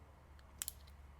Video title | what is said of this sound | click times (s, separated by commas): The wiring harness is COMPLETE! Coyote Ford Falcon Part 3 | Pop it in. Hear it click. | 0.6 s